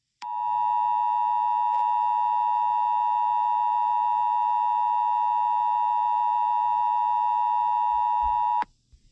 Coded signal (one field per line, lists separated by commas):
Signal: Emergency Alert System (SAME) tones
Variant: 853 and 960 Hz attention tone